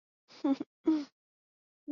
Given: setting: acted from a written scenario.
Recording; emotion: vocal sound without words; sympathy